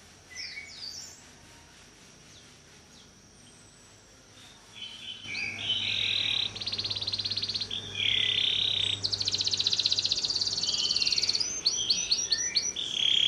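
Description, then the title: Canary song starting faint and sparse, then loud buzzy trills and rapid rolling phrases from about five seconds on, with high whistled notes; a low steady hum underneath. Long-singing canary of the kalitan type, in full song. "Kenari Kalitan Gacor Suara Panjang"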